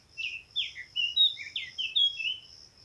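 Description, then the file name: Eurasian blackcap giving a single short burst of varied, sweet warbled notes and clear whistles, with an insect trill behind. "Sylvia atricapilla"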